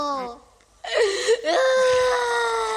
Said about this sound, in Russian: Обревелся ребенок, все в школу, да в школу.